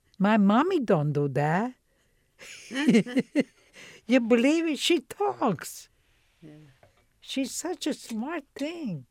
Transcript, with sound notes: My mommy don't do that." (laughs) You believe it? She talks. She's such a smart thing.